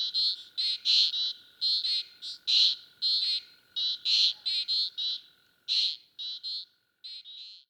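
Frog calling in short, high rasping bursts in quick, loose runs, over a faint steady hum.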